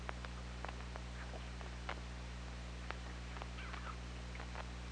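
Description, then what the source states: Killer whale underwater calls, with short curving tonal sweeps near the end over a scatter of sharp clicks and a steady low hum. Hydrophone at OrcaLab, 24 August 2017, around 21:18.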